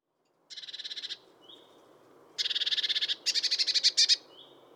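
Eurasian blue tit giving three scolding churrs of rapid buzzy notes, the last more clipped, with faint thin high notes between and after them.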